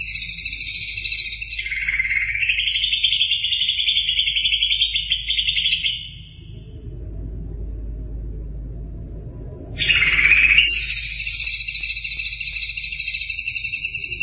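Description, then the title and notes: Greater green leafbird song: a long continuous buzzy trill that dips and steadies, fades briefly, then comes back loud and sustained. Champion songbird. "Kicau Burung Cucak Ijo Juara. Suara kicauan burung cucak ijo"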